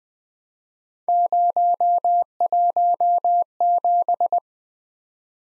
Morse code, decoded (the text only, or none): 017